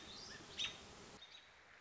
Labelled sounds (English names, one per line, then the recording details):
American Robin
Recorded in Sonoma County, California